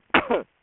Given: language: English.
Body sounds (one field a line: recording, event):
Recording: throat vibration sensor signal played as sound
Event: cough